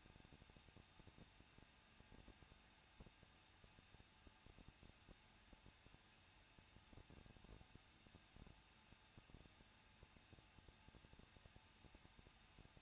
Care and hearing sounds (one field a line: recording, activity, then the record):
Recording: daily activity, microphone in the room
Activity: no activity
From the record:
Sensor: 2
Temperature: 21.0 degrees Celsius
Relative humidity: 37.5%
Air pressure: 1006.3 hPa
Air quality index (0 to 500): 223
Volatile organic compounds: 25 ppm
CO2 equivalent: 2828 ppm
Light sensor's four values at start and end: 2/3/2/2 and 2/3/2/2